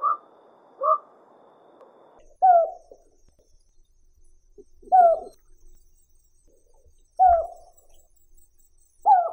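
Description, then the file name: Collared scops owl hooting: short, falling notes repeated every two to three seconds, after two shorter opening calls. "Krik sovy - Oshejnikovaya sovka"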